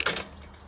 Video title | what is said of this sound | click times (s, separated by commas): 🏀 How To Install an In-Ground Basketball Hoop - FULL INSTRUCTIONS | It locks into place. | 0.0 s